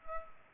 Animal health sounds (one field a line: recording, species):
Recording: mosquito wingbeat signal from an infrared sensor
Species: Culex pipiens